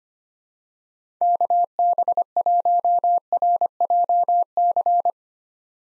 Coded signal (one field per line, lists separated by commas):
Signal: Morse code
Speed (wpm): 25 wpm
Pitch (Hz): 700 Hz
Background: none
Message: KB1RJC